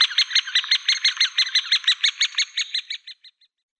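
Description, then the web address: Great spotted woodpecker nestlings giving a fast, even series of harsh chattering calls that slows and fades out near the end. "Schulze Peter Great Spotted Woodpecker nestlings"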